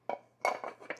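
A metal reflector is released from the Bowens mount of a Godox Litemons LE300Bi 300W bicolor LED video light by pressing the release button on top of the light. A sharp click comes at 0.1 s, followed by louder metallic clanks around 0.45 s and lighter taps near 0.6 and 0.9 s as the reflector comes off. The reflector is released from the mount.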